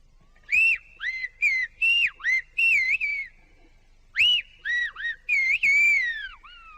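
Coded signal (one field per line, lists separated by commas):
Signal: whistled language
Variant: Silbo Gomero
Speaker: Tiene una sola y se llama Margarita. He says he's only got one, and she's called Margarita.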